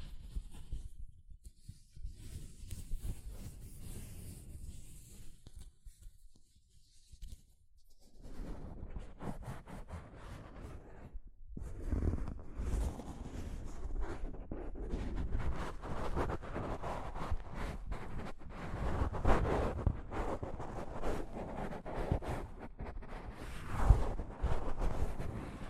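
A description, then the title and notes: Soft fabric brushes against a microphone in irregular rubbing strokes. The first eight seconds stay quiet and low, with sparse muffled scrapes. After a brief near-silence around eleven seconds, the brushing grows louder and denser, a rough continuous rustle with stronger swipes near 20 and 24 seconds. ASMR Mic Brushing using Soft Fabric (No Talking).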